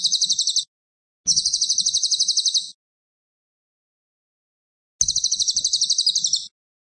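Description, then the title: Cililin delivering quick, piercing trilled bursts of even pulses, with one brief and one longer pause between them. Lively, actively singing cililin with tight rapid-fire phrases ('tembakan rapet'), presented as a tutor recording for training magpie-robins. "Cililin AMPUH. Cililin gacor tembakan rapet cocok untuk masteran murai"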